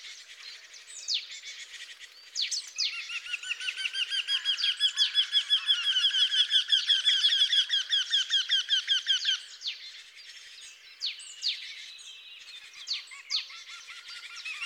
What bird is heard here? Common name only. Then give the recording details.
Eurasian Wryneck. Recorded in the wild. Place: Oberrotweil am Kaiserstuhl, Baden-Württemberg, DE. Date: 1996-04-21. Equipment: Dat-Recorder Casio DA 7, Telinga DAT, Telinga-Parabolspiegel. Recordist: Schwarz, Dieter